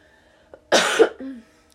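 One harsh, explosive cough from an adult woman with a cold, then a short voiced throat sound.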